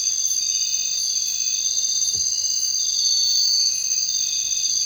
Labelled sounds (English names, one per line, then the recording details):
none
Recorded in secondary vegetation near Puerto Asís, Putumayo, Colombia, on 22 June 2025 at 00:00
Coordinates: 0.499, -76.323
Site G077